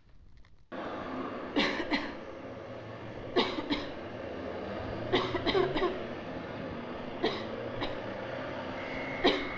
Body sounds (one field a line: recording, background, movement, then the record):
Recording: voluntary coughing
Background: traffic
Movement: sitting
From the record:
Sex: female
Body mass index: 18.3 kg/m2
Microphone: on the chest, facing outward